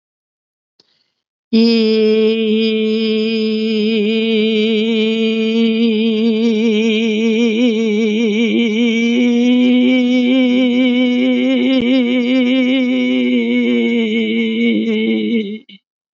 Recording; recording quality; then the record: sustained vowel as in beet; excellent, no background noise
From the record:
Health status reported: healthy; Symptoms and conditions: hypertension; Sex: female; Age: 79 years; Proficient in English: yes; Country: India